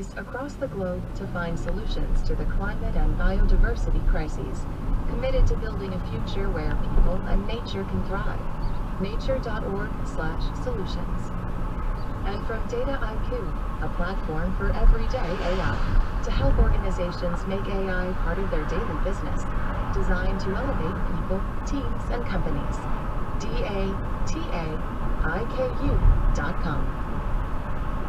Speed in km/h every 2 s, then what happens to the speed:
11, 23, 29, 34, 39, 42, 44, 47, 45, 48, 50, 52, 53, 55.
0-28 speeds up to 55.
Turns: none.